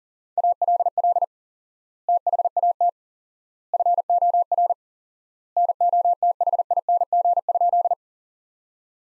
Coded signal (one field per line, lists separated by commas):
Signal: Morse code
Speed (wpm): 37 wpm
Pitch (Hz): 700 Hz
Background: none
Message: ALL THAT FOR NOTHING?